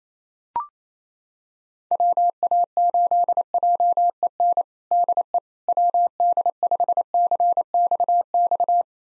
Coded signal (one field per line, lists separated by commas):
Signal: Morse code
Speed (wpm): 28 wpm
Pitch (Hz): 700 Hz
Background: none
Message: WA8JEN DE WD5CXX